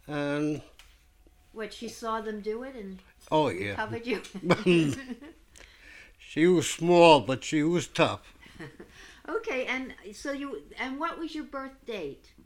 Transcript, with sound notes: And...
What, she saw them do it, and...
Oh, yeah.
Recovered you? ( they laugh )
She was small, but she was tough.
Okay. And, so you, and what was your birth date?